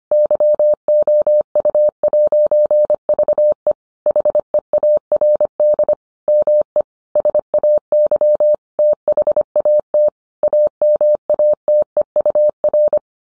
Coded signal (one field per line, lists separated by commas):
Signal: Morse code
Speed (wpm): 25 wpm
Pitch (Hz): 600 Hz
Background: none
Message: YOU'VE HEARD ME SAY THAT AMATEUR